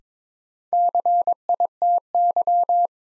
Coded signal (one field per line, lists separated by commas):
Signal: Morse code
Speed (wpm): 22 wpm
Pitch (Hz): 700 Hz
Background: none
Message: CITY